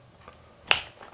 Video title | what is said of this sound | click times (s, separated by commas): Addsfit percussion muscle massager unboxing | Oh, there we go. So I actually got an audible click that time. | 0.7 s